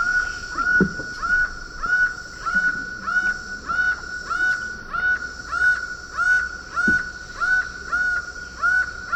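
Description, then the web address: Laughing falcon repeating harsh, harmonic double notes at an even pace, just under once a second, with a few soft low knocks in the background. Ecuador. "S America Birds of Ecuador. Laughing Falcon"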